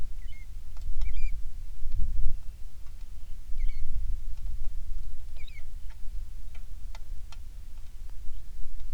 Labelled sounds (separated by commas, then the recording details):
waterfowl, rain
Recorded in the Prudhoe Bay oil fields, Alaska, on 27 July 2019 at 18:31
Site 19